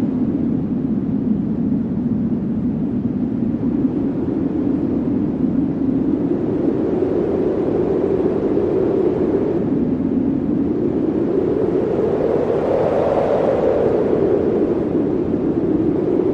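Wind blows in a steady, dense rush, weighted low with a deep rumble. Its tone slowly swells and brightens around the eighth second and again near the thirteenth, easing back in between, while the overall loudness stays even throughout.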